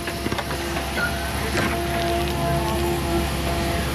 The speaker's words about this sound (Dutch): En daar komt de trein die naar Maastricht gaat.